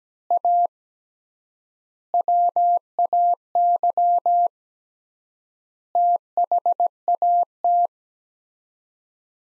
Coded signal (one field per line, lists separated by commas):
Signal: Morse code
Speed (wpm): 17 wpm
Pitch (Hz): 700 Hz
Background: none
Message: A WAY THAT